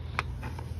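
A finger pulls up the locking clip on a tool holder in a carpenter's tool bag to release it, giving one sharp click at 0.2 s, followed by two faint ticks over a low steady hum. The clip pops open into the released position so the tool can come right out.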